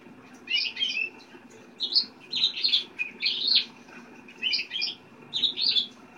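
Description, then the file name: Japanese Hoso canary singing short chattering phrases of bright twittering notes separated by brief gaps, with a soft low hum behind. "canto do canario hoso japones"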